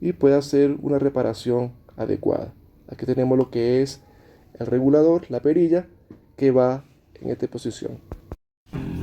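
Someone talks while handling the plastic temperature regulator knob of a clothes iron, which is being pressed into place onto its thermostat shaft, and music plays briefly. The clip ends before the knob goes home, so nothing has seated or clicked yet.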